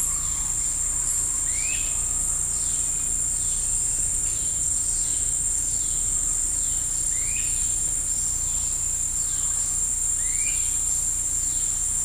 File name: Birds and bugs in the woods of Costa Rica